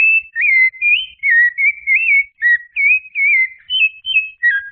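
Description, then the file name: Rufous-bellied thrush song: about a dozen clear whistled phrases, each rising or falling, following one another closely in a varied, warbling sequence. "Zorzal Colorado Canto"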